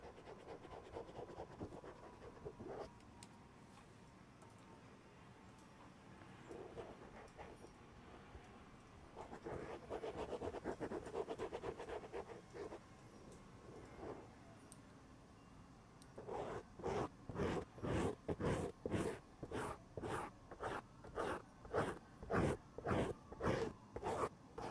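Someone scratches the elbow pad of an old sweater. For the first sixteen seconds the scratching comes in soft, uneven rustling bursts, thickest around the ten-second mark. It then turns into steady, rhythmic strokes, about two per second, sharper and louder to the end.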